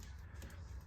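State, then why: Not seated. A crimped blue wire terminal is pushed into pin 9 of a plastic gauge harness plug, with two faint brief sounds near 0.0 and 0.4 seconds over a steady low hum. Nothing has seated or clicked yet; the terminal does not latch into the connector.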